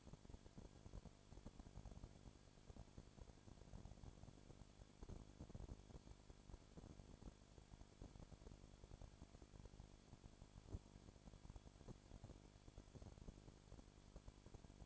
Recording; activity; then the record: daily activity, microphone in the room; no activity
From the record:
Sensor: 5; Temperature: 20.2 degrees Celsius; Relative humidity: 36.5%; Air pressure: 1001.2 hPa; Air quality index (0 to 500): 177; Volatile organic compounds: 4 ppm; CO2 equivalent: 1614 ppm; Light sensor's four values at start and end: 2/3/1/1 and 2/3/1/1